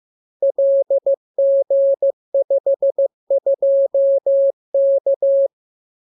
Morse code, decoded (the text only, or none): LG52K